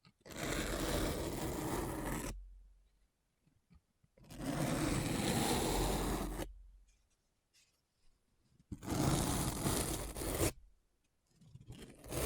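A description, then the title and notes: Scratching in long, dense bursts of about two seconds each, starting near 0, 4, 9 and 12 seconds, rough and full across low and bright ranges. Between bursts there are near-silent gaps with only faint ticks and small scrapes. ASMR Deep Brain Scratch (No Talking).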